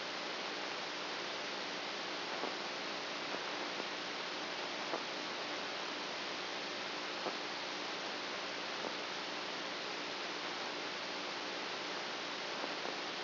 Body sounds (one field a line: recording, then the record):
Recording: brain microelectrode recording played as sound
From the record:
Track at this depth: inside the subthalamic nucleus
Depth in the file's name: 4.001 mm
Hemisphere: right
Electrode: 2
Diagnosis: Parkinson's disease